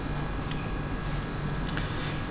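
A SIM card is pushed into the card slot of a UM720 GPS tracker and seats with a sharp click at 1.2 s. Two fainter ticks follow at about 1.5 s and 1.8 s over a steady low hum.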